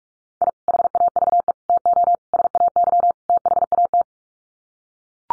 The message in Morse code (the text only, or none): I HAVE TO SAY THAT